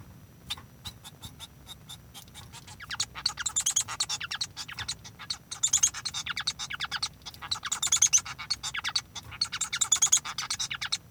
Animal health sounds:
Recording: song of a male Bengalese finch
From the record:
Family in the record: son of father 1

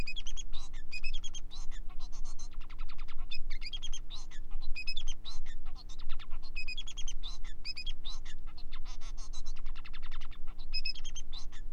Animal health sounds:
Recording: song of a male Bengalese finch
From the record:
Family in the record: son of father 4

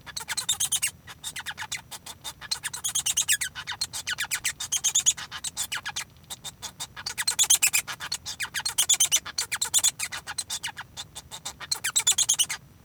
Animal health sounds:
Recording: song of a male Bengalese finch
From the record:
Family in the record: son of father 1

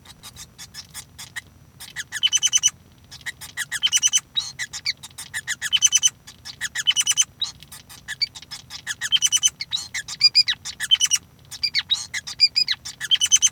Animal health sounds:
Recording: song of a male Bengalese finch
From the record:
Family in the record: son of father 5

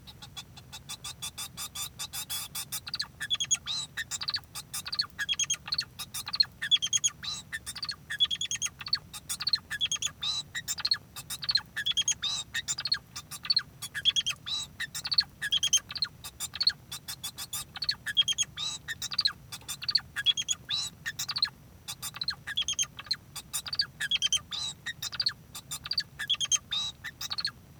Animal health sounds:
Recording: song of a male Bengalese finch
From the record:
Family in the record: son of father 2

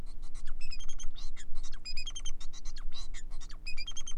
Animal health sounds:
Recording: song of a male Bengalese finch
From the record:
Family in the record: son of father 4

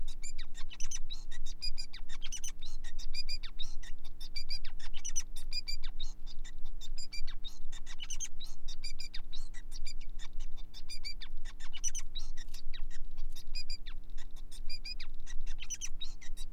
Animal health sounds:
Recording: song of a male Bengalese finch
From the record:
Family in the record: son of father 5

